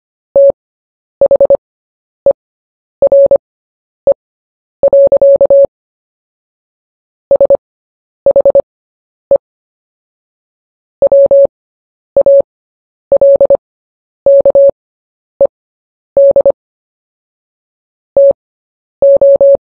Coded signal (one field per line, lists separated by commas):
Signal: Morse code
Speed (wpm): 25 wpm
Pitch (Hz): 560 Hz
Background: none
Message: THERE. SHE WALKED TO